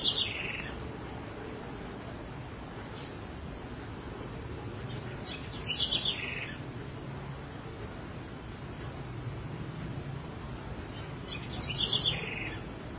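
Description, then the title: House wren song: three brief bursts of rapid, jumbled notes spaced roughly six seconds apart, over a persistent low rumble. "cURRUIRA"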